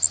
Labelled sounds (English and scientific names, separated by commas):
Connecticut Warbler (Oporornis agilis) flight call